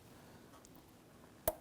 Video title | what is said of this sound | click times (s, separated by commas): How to Replace Ignition Coils 2006-2014 Honda Ridgeline 3 5L V6 | You should hear and feel it snap into place. That shows that that is locked into place. | 1.5 s